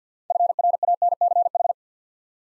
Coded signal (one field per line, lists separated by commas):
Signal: Morse code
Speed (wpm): 50 wpm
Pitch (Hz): 700 Hz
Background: none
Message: FRANCH